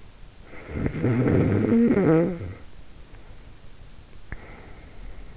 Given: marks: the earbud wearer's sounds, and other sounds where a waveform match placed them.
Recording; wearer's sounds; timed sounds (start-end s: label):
sounds in sleep by an in-ear microphone; snoring breath
0.23-5.37 s: snoring breath